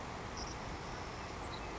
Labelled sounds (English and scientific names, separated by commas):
Savannah Sparrow (Passerculus sandwichensis)